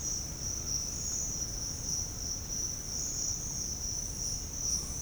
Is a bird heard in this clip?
no